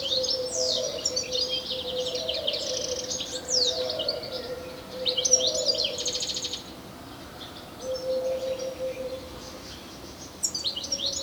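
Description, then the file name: European goldfinch singing fast twittering phrases with sweeping slurs, then quieter with brief notes later, over an intermittent low hum. "Carduelis carduelis"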